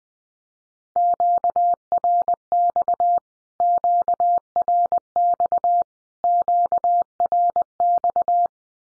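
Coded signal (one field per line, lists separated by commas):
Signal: Morse code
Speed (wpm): 20 wpm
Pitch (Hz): 700 Hz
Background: none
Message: QRX QRX QRX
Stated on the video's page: 20wpm practice drill of Q-codes, each sent three times in Morse as statement or question, then sent again.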